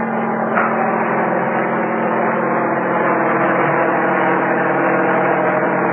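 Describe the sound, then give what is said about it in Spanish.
A loud, steady helicopter engine drone with a low, even hum and a broad rushing whir as the helicopter tilts to one side to change course. The sound holds constant throughout, with no voices. “El poderoso helicóptero se inclinó hacia uno de sus lados para realizar la operación de cambiar rumbo.”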